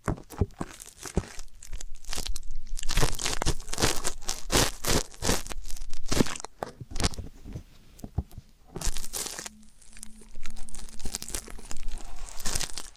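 ASMR ear cleaning sounds: dense, rapid scratching and crackling bursts that fire in quick irregular clusters, bright and crisp. A brief near-silent gap falls around 8–9 seconds, after which a low steady hum appears beneath renewed scraping and crinkling.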